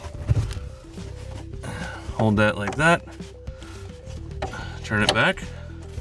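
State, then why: Not seated. A brake light bulb socket is handled and turned back toward the tail light housing it twist-locks into, while someone talks over background music. A few faint handling knocks are heard, but the socket has not seated or clicked into the housing yet.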